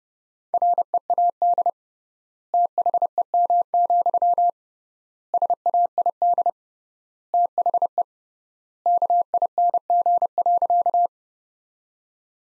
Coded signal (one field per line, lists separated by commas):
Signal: Morse code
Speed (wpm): 32 wpm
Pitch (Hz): 700 Hz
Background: none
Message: READ THEM, SAID THE KING.